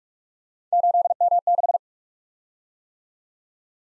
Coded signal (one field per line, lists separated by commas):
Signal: Morse code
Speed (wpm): 44 wpm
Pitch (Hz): 700 Hz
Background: none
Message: 8M6